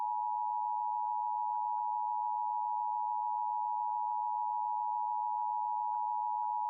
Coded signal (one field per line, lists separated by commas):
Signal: Emergency Alert System (SAME) tones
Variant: 853 and 960 Hz attention tone